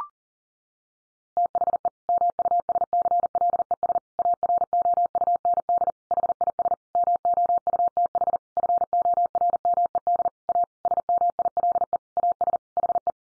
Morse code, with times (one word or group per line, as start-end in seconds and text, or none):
1.4-1.9 THE
2.1-4.0 MUSCLES
4.2-5.9 AROUND
6.1-6.7 HIS
7.0-8.4 MOUTH
8.6-10.3 FORMED
10.5-10.6 A
10.8-12.0 SMILE
12.2-12.6 AS
12.8-13.1 HE